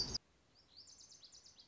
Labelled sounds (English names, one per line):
Lazuli Bunting